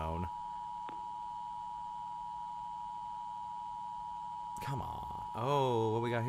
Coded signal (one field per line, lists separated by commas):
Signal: Emergency Alert System (SAME) tones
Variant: 853 and 960 Hz attention tone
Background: speech